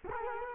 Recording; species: mosquito wingbeat signal from an infrared sensor; Culex quinquefasciatus